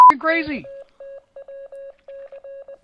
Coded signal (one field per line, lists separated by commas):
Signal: Morse code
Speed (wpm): 20 wpm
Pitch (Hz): 550 Hz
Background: speech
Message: KTWC